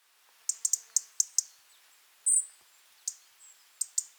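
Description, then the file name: European robin calling with scattered sharp, high ticks in loose bursts, broken by one thin, sustained high whistle and a faint softer note. "Erithacus rubecula"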